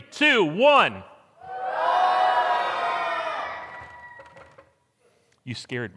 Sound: congregation shouts